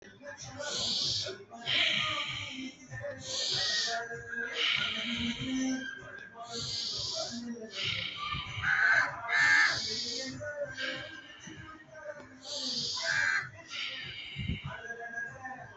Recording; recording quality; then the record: deep breathing; excellent, no background noise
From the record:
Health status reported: healthy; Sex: male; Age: 26 years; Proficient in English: yes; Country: India